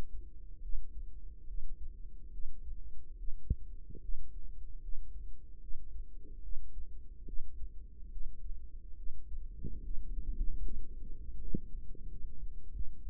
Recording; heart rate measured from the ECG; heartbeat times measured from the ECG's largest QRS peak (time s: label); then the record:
heart sounds by microphone in the right ear; 74 bpm
0.61 s: heartbeat
1.46 s: heartbeat
2.31 s: heartbeat
3.16 s: heartbeat
4.00 s: heartbeat
4.80 s: heartbeat
5.59 s: heartbeat
6.41 s: heartbeat
7.24 s: heartbeat
8.09 s: heartbeat
8.95 s: heartbeat
9.81 s: heartbeat
10.61 s: heartbeat
11.37 s: heartbeat
12.07 s: heartbeat
12.71 s: heartbeat
From the record:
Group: healthy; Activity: Valsalva maneuver 0-3 s, rest 3-13 s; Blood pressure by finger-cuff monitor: 75/57 mmHg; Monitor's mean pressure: 65 mmHg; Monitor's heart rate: 72 bpm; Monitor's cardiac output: 5.6 L/min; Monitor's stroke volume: 76 mL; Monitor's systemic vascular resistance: 800 dyn s/cm5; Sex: female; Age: 19 years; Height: 163 cm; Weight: 48.9 kg